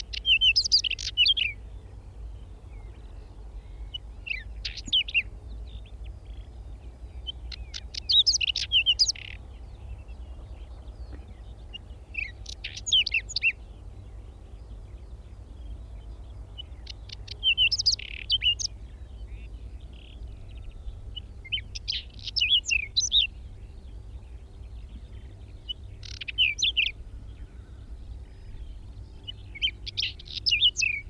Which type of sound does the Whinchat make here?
song